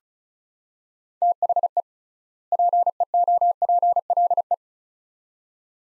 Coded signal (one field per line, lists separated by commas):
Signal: Morse code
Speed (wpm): 34 wpm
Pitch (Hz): 700 Hz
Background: none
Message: THE PEOPLE